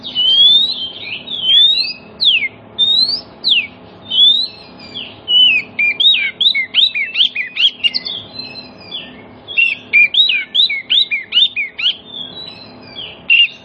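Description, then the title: Oriental magpie-robin in a fast, busy song of rapid sweeping whistles and chattering notes, delivered in bursts with hardly a pause. Kacer song played as a lure so that other magpie-robins start singing within about five minutes, meant for birds that have stopped singing. "Cukup Hitungan Menit Kacer Lain Bisa Bunyi. CUKUP 5 Menit Kacer LAIN NYAUT JADI GACOR, PANCINGAN KACER MACET BUNYI"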